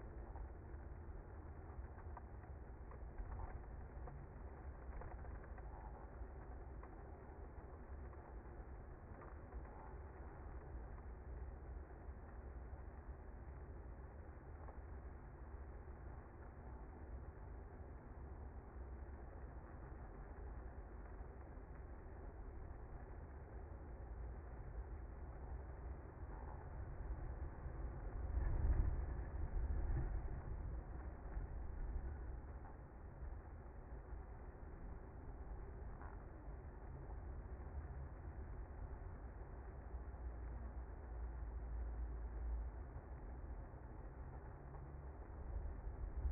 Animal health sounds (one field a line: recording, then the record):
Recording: honeybee colony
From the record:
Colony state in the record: active